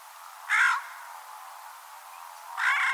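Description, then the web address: Bird uttering two coarse, croaking calls, the first early and the second cut off at the end, with low background hiss. "Deverinetal 2025 File origin Bird Only"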